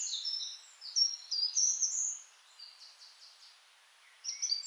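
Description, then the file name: Eurasian blackcap song: softer high warbling phrases over a steady background hiss, fading out midway, with a short chattering burst returning at the end. "Sylvia atricapilla"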